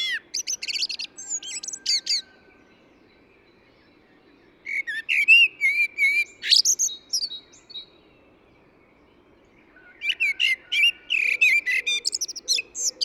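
Eurasian blackbird singing three bursts of mixed fluted and thin high twittering notes, separated by pauses of about two seconds, over a quiet background.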